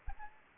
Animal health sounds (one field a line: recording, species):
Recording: mosquito wingbeat signal from an infrared sensor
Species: Aedes aegypti